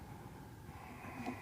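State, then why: Not seated. A keyed wiring connector for a Chevy Malibu headlight bulb socket is handled and lined up before being pushed together, since it only fits on one way. A low, steady handling rustle is heard, with a slightly louder brief scrape near 1.3 s. Nothing has seated or clicked yet.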